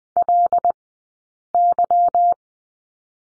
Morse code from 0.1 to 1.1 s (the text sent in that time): L